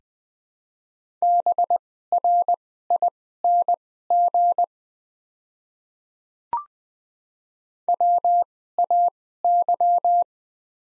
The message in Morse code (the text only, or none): BRING WAY